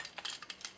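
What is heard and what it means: The plastic hood section of a transforming toy is pegged together, with a series of short, bright plastic clicks and taps. The hood panels seat with a click at 0.5 s.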